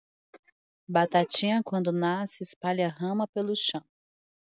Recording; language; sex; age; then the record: short text; Brazilian Portuguese; female; 30 to 39 years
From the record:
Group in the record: control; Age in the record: 36 years